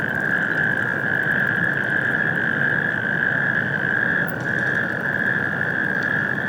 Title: Mainufer, Mainaschaff, Deutschland. Kreuzkröten - Kreuzkröten auf der Industriebrache Stockstadt Kai 6